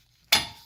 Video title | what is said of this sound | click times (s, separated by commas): How to replace Brakes and Rotors on a 2015 Chevy Impala LT | just snap into place just like so now | 0.3 s